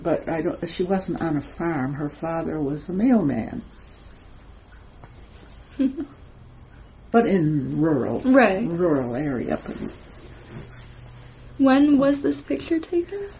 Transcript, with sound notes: But ...she wasn't on a farm. Her father was a mailman [pause] but in a rural area.
When was this picture taken?